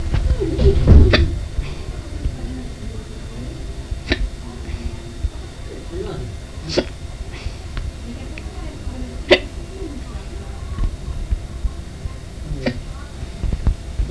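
An adult hiccups: five sharp, abrupt hiccup clicks come roughly every two and a half to three seconds, about 20 a minute, fairly regular, over a quiet indoor background. These are ordinary hiccups, sudden spasms of the diaphragm snapped off by the closing vocal cords.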